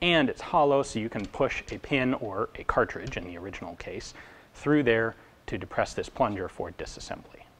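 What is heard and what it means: Someone talks while handling the front end of a Turner semi-auto SMLE conversion rifle, explaining that its hollow bayonet lug lets a pin or cartridge be pushed through to depress a plunger for disassembly. No click is heard, and the front end part has not yet snapped into place on the forend assembly.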